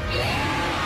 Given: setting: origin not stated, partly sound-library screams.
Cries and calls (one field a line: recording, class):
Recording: one-second piece from a danger detection set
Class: woman in danger